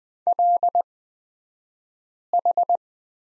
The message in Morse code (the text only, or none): LH